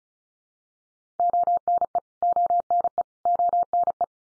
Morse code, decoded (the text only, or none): ONE ONE ONE